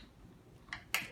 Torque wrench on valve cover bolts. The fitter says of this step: don't know if you can hear it click